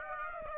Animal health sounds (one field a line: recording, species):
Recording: mosquito wingbeat signal from an infrared sensor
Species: Aedes aegypti